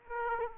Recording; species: mosquito wingbeat signal from an infrared sensor; Aedes aegypti